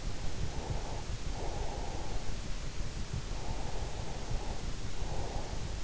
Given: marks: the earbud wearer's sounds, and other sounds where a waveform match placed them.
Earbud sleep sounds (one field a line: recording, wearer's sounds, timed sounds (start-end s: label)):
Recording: sounds in sleep by an in-ear microphone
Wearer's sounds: breath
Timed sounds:
0.46-2.41 s: breath
3.19-5.79 s: breath